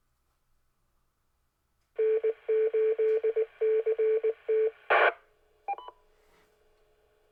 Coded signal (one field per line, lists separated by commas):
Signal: Morse code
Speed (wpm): 19 wpm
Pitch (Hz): 440 Hz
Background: none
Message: N8CT